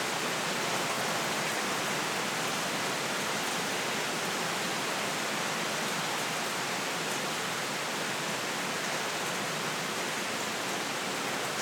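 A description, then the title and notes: Rain pours down in a dense, unbroken hiss that stays level for the whole twelve seconds. The sound is bright and full, with little low rumble and no separate thunderclaps, only a faint scatter of tiny drop ticks within the wash. The soothing sounds of a summer storm.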